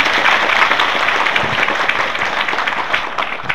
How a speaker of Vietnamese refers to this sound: Xin các Phật tử cho một tràng pháo tay.